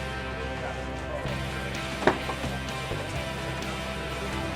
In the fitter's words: these guys just snap in place